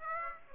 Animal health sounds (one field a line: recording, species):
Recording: mosquito wingbeat signal from an infrared sensor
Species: Aedes aegypti